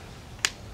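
The plastic suet cage of a Squirrel Buster Suet Feeder is closed and brought over its latch. A single sharp snap rings out at 0.5 seconds against a quiet background, and the cage latch is seated.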